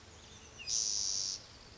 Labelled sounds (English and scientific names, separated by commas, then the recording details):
Pacific Wren (Troglodytes pacificus)
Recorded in Sonoma County, California